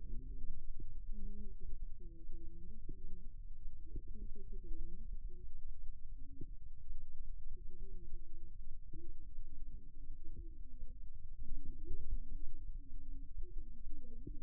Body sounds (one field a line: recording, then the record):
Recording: forearm muscle sounds (acoustic myography)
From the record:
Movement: rest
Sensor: system 2, bracelet of six BSWA MPA416 microphones around the upper forearm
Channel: 2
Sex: male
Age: 22 years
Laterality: right